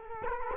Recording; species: mosquito wingbeat signal from an infrared sensor; Culex quinquefasciatus